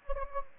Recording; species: mosquito wingbeat signal from an infrared sensor; Anopheles gambiae